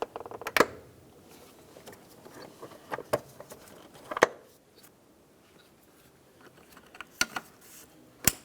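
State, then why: Seated. Spring clips on the plastic air filter box of a 2002-2005 Ford Explorer are snapped shut to hold the top half of the box onto the bottom half. Sharp clatters of handling come at about 0.6, 3.1 and 7.2 seconds, and the clips click at 4.2 and 8.3 seconds. The lid is seated.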